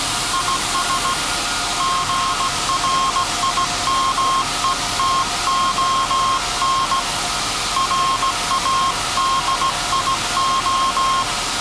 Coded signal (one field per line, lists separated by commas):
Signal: Morse code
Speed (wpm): 16 wpm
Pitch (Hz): 1070 Hz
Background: none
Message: IS GRIMETON RADIO